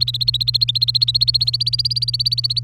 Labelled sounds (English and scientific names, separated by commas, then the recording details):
Domestic Canary (Serinus canaria) song
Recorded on 28 April 2018 at 07:21
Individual llb3